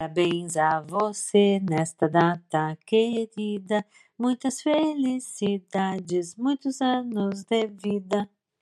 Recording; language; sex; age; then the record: short text; Brazilian Portuguese; female; 50 to 59 years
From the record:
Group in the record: control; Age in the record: 58 years